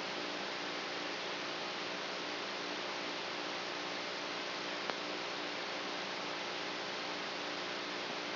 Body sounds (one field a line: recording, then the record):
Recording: brain microelectrode recording played as sound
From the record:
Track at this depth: inside the subthalamic nucleus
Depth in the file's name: 4.003 mm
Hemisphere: right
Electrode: 3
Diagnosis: Parkinson's disease